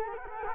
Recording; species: mosquito wingbeat signal from an infrared sensor; Culex quinquefasciatus